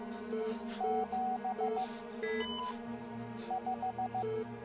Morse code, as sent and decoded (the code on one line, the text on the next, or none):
--... / .....
7 5